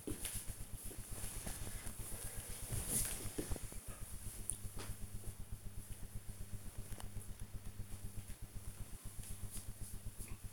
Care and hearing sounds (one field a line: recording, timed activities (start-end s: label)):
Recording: household activities, microphone on the right wrist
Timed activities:
0.00-10.53 s: petting the dog